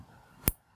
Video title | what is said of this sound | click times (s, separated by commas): Ender 3 og Cura - hvordan sættes det op | hvis I kunne høre det, var der et lille klik. Det var det. | 0.5 s